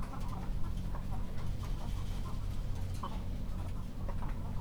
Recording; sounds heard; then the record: poultry house recording; sick chickens (respiratory disease)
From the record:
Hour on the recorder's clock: 22